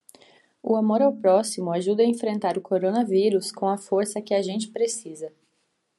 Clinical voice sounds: spoken sentence; Brazilian Portuguese; female; 20 to 29 years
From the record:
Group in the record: control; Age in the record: 26 years

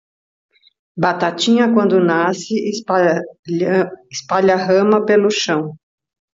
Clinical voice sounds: short text; Brazilian Portuguese; female; 60 to 69 years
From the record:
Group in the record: control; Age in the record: 62 years

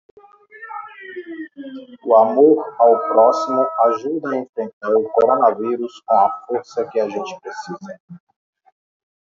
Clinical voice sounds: spoken sentence; Brazilian Portuguese; male; 40 to 49 years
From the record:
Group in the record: control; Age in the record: 40 years

